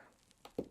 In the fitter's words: there you go you heard it pop and there we have Shadow King